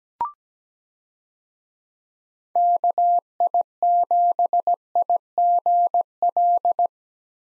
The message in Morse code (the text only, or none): KI7IGL